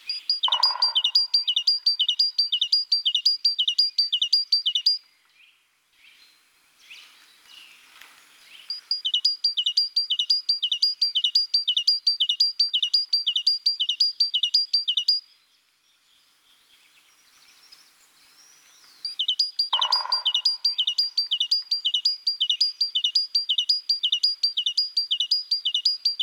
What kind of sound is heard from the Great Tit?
song